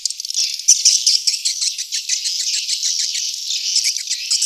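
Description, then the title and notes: Swiftlet twittering, a steady, soft wash of high, fast chirps forming a near-continuous chatter. Asia; recording used in swiftlet farming to attract birds. "Swiflet Bird Sound. Farming Swiflet Bird asia sound"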